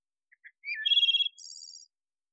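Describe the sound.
Wood thrush singing one phrase: two faint soft notes, a rich fluty warble, then a thin, shimmering high trill to finish.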